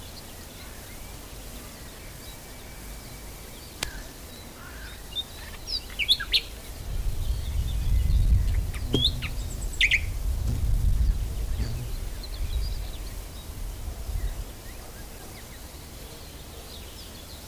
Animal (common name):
Common Whitethroat